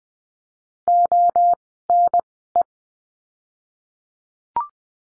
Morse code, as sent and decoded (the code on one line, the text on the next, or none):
--- / -. / .
O N E